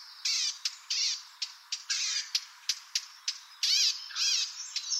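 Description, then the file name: Eurasian blackcap giving harsh, rasping churr notes mixed with sharp clicking ticks. The calls come in an uneven sequence. "Sylvia atricapilla"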